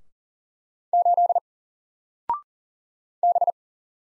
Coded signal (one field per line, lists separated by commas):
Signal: Morse code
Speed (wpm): 40 wpm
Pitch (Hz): 700 Hz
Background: none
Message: 8 B